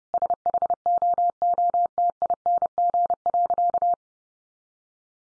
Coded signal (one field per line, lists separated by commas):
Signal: Morse code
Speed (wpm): 30 wpm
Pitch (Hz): 700 Hz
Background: none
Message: SHOOTING.